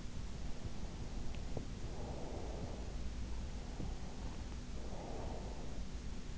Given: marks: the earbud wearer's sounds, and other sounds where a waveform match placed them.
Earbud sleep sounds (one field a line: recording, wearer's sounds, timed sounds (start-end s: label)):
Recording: sounds in sleep by an in-ear microphone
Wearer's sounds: breath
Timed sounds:
0.17-3.00 s: breath
3.43-5.95 s: breath